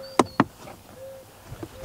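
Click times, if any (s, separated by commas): 0.2 s, 0.4 s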